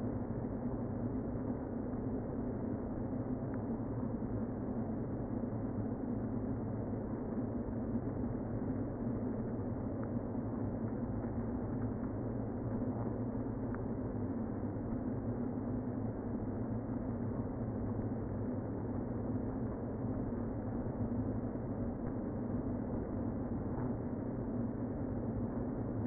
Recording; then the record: honeybee colony, microphone inside the hive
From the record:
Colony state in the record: queen present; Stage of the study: before two queens were removed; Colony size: about 60,000 bees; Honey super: yes